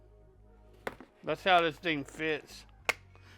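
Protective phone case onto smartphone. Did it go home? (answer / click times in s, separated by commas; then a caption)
yes / 2.9 s. A rigid UAG Monarch Pro Kevlar protective case is pressed onto an iPhone 16 Pro smartphone until its edge snaps over the phone body. After a brief tap at 0.9 s and someone talking, a sharp snap at 2.9 s marks the case seating on the phone.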